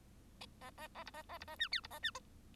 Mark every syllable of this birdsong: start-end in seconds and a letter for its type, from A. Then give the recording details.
0.61-0.70 A, 0.77-0.88 A, 0.94-1.04 A, 1.06-1.11 B, 1.13-1.23 A, 1.29-1.38 A, 1.40-1.44 B, 1.47-1.56 A, 1.59-1.68 C, 1.71-1.81 D, 1.83-1.87 B, 1.90-1.99 A, 2.02-2.11 C. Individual Bird1